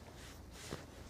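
The air hose connector of an Invacare microAIR MA95Z therapeutic support mattress is being pushed into its fitting, starting at the bottom. Steady low handling noise is broken by a brief, slightly louder broadband burst near 0.7 s. Nothing has seated or snapped into place yet.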